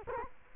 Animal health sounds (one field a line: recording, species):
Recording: mosquito wingbeat signal from an infrared sensor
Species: Culex quinquefasciatus